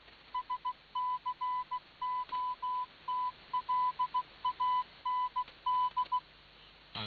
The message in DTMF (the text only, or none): none